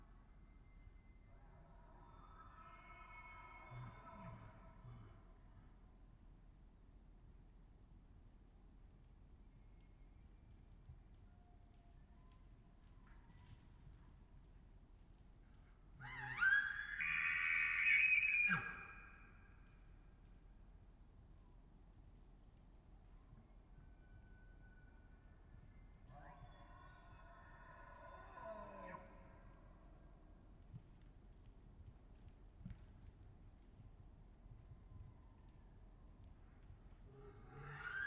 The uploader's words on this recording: Elk Bugling Bulls With Cows In The Distance. I spent another weekend in the Colockum Wildlife Area, camping at the border of Coffin Game Reserve for the last week of silence before firearm hunting season begins. The farther away a bull's bugle is heard in the distance, the more hillside and forest reverberation swallows it, the more musical and majestic it becomes.